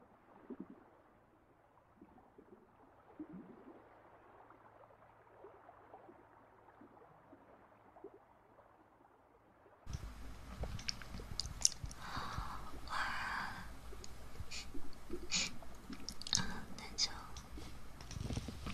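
Ear massage and mouth sounds: the first ten seconds are quiet and muffled, with soft low rubbing and occasional light clicks. Just before the ten-second mark it abruptly turns louder and brighter, with dense crinkly rubbing, crackles and sharp ticks continuing to the end.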